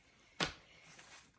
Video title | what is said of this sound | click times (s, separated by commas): How to hoop your items using the Floating Technique. | and sometimes you gotta open it a little more so that it has room to snap in place | 0.4 s